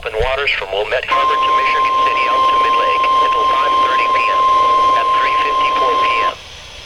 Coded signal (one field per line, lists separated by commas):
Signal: Emergency Alert System (SAME) tones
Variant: 1050 Hz attention tone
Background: speech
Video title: EAS #4 Special Marine Warning 9/11/13